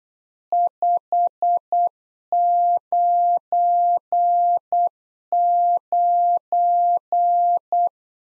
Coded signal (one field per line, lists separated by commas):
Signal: Morse code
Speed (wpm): 8 wpm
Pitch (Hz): 700 Hz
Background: none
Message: 599